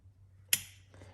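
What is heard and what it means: A power connector is plugged into the window switch unit during a truck door panel reinstall. One sharp, loud click at 0.5 s marks the connector seating, over a steady low hum, followed by a faint softer tick near 1.0 s.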